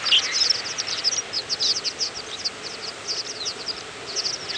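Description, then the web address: Horned lark flock calls: many short, thin, high tinkling notes overlapping in quick succession, steady throughout over faint background hiss. "larks hola holaflok"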